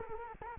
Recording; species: mosquito wingbeat signal from an infrared sensor; Culex quinquefasciatus